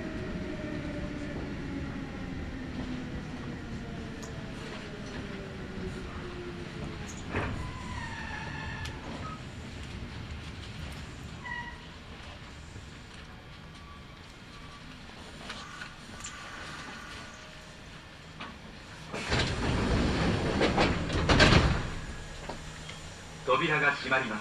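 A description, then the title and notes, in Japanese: Inside a local commuter train, a low steady rumble with descending motor whine, brief chimes, and a louder rushing burst near twenty seconds. 近鉄名古屋線 普通 近鉄名古屋→蟹江。通学時間帯なので最初は混んでいますが、最寄りの学校駅で降りると一気に静かになり、途中駅で特急や急行にバンバン抜かれます。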